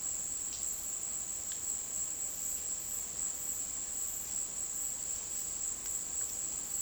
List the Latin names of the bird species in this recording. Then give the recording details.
none. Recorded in secondary vegetation near Puerto Asís, Putumayo, Colombia, on 20 February 2024 at 16:00. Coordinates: 0.468, -76.324. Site G6381